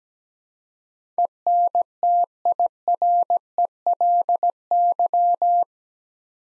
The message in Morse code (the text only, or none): ENTIRELY